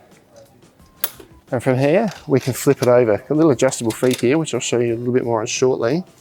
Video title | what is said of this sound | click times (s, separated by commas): Quest Outdoors Versalite Multi Height Table | Push this until it locks into place on both sides. | 1.0 s